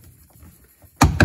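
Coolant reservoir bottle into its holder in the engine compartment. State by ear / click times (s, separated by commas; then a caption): seated / 1.0 s, 1.2 s. A plastic coolant reservoir bottle on a Sea-Doo GTX 4-TEC personal watercraft is pushed back down into its holder in the engine compartment. After a quiet low rumble, two sharp snaps ring out at 1.0 s and 1.2 s. The bottle is seated and snapped in place.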